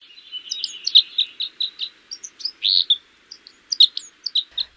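Crossbill calls: a rapid series of sharp high chips and short buzzy notes, irregular and closely spaced.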